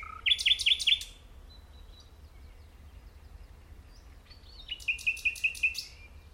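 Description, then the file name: Common nightingale song: two short phrases, each a quick run of repeated sharp notes, separated by a few seconds of quiet. "Luscinia megarhynchos"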